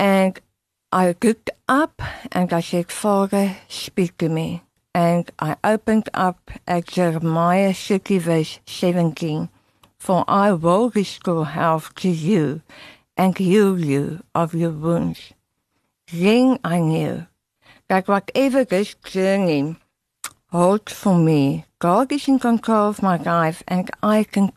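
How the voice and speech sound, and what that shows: An adult woman who survived tongue cancer and had her tongue removed, later reconstructed with a radial forearm free flap and followed by speech therapy, reads and talks in a fluent, steady voice of moderate pitch, mostly understandable. Tongue-tip sounds are distorted: l, d and t often come out as back g or k sounds, and some words blur.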